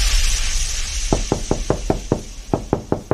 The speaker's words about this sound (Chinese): 哎呦，这谁呀？没事老敲门。